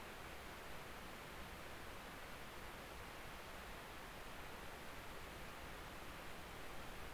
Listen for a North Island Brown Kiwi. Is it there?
no